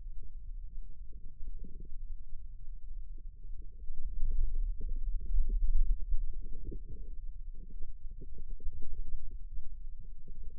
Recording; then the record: forearm muscle sounds (acoustic myography)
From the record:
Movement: wrist extension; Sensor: system 2, bracelet of six BSWA MPA416 microphones around the upper forearm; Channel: 6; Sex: male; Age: 22 years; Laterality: right